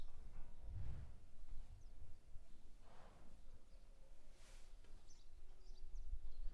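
Cow breathing: a few soft, breathy, low exhalations.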